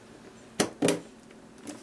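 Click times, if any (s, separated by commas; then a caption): 0.6 s. A RAM module is pushed down on both ends into a motherboard DIMM slot. A sharp click at 0.6 s marks the retaining latch snapping shut on its own, followed by a second loud snap around 0.9 s and a faint tick near 1.3 s. The module is seated with the latch closed.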